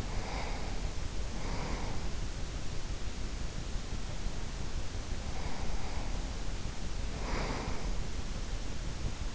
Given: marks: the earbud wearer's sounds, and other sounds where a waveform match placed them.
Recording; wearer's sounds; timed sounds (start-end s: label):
sounds in sleep by an in-ear microphone; breath
0.00-2.58 s: breath
4.82-8.26 s: breath